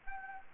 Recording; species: mosquito wingbeat signal from an infrared sensor; Anopheles gambiae